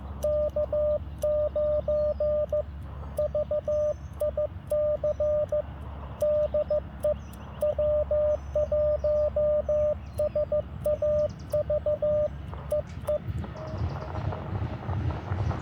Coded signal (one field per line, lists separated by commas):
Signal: Morse code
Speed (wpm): 15 wpm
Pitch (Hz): 590 Hz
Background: radio noise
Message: K9VIC DE W1SAV E E